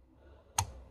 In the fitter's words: it clicks in place probably right here